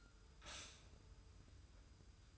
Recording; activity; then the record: daily activity, microphone in the room; stop toaster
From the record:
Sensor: 2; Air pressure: 990.6 hPa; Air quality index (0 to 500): 163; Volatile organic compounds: 813 ppm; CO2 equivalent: 5141 ppm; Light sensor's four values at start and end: 24/57/23/23 and 24/57/23/23